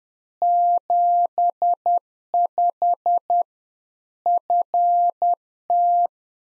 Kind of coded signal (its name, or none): Morse code